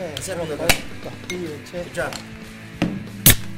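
Sharp metallic clicks and a bright snap as a beer can is cracked open, with a few scattered clinks around it and voices talking underneath.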